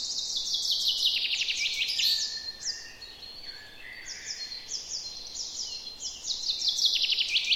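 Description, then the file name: Common chaffinch song: a rapid descending trilled phrase at the start, followed by softer high notes. "Fringilla coelebs"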